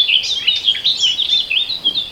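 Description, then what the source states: Common Whitethroat song: a quick, scratchy, chattering warble of high grating notes that rise and fall rapidly throughout. Song given during display flight as the bird rises briefly out of a hedge and tumbles back down; species described as not much of a singer.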